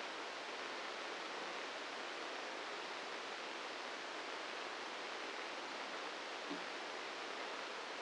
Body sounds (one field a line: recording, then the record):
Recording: brain microelectrode recording played as sound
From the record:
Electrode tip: inside the subthalamic nucleus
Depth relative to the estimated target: 1 mm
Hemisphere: right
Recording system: NeuroSet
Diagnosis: Parkinson's disease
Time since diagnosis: 13 years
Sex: male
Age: 66 years